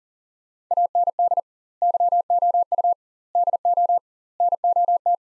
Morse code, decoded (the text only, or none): AND YOU DO NOT